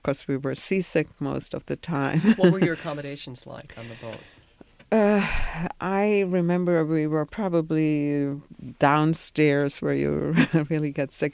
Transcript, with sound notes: Of course, we were seasick most of the time. (she laughs)
What were your accommodations like on the boat?
Uh, I remember we were probably downstairs where you really got sick.